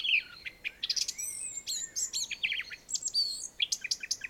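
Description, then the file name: Eurasian blackcap singing in bursts of varied whistled and scratchy notes, with clear high whistles and quick chattering phrases, against a soft background hiss. "Sylvia atricapilla"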